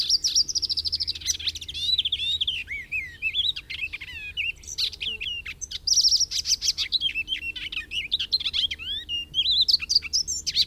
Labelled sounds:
Icterine Warbler (Hippolais icterina) song

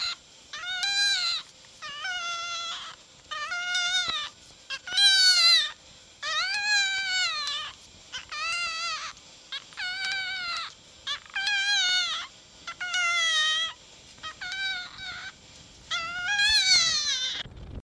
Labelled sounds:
Red Fox (Vulpes vulpes)

